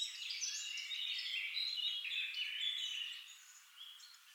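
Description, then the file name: Eurasian wren song, a rapid run of thin high twitters and short trilled phrases that trails off after about three seconds. "Troglodytes troglodytes"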